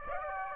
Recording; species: mosquito wingbeat signal from an infrared sensor; Aedes aegypti